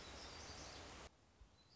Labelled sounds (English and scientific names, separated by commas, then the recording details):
Black-throated Gray Warbler (Setophaga nigrescens)
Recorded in Sonoma County, California